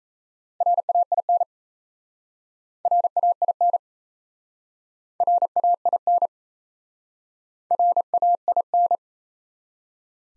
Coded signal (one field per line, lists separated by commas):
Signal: Morse code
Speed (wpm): 37 wpm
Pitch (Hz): 700 Hz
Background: none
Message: RAIN RAIN RAIN RAIN